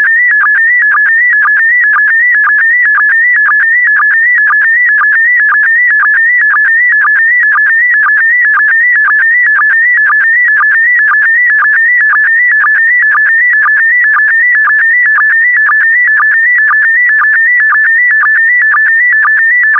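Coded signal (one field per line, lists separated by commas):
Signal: SSTV (slow-scan television)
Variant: PD120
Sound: steady warbling tone stepping between two pitches, with a short low blip about twice a second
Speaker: the next image transmission will start in 10 seconds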